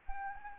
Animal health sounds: mosquito wingbeat signal from an infrared sensor; Anopheles arabiensis

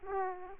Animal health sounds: mosquito wingbeat signal from an infrared sensor; Aedes aegypti

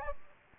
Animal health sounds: mosquito wingbeat signal from an infrared sensor; Aedes aegypti

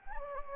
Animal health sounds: mosquito wingbeat signal from an infrared sensor; Anopheles gambiae

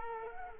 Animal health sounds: mosquito wingbeat signal from an infrared sensor; Culex quinquefasciatus

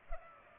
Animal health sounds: mosquito wingbeat signal from an infrared sensor; Culex pipiens

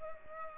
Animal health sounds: mosquito wingbeat signal from an infrared sensor; Culex pipiens

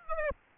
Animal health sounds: mosquito wingbeat signal from an infrared sensor; Aedes aegypti

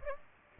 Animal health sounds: mosquito wingbeat signal from an infrared sensor; Aedes aegypti

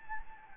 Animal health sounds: mosquito wingbeat signal from an infrared sensor; Anopheles gambiae

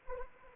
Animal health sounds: mosquito wingbeat signal from an infrared sensor; Anopheles arabiensis

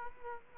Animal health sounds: mosquito wingbeat signal from an infrared sensor; Culex quinquefasciatus

